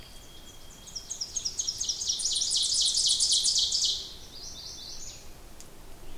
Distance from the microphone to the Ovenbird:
about 15 m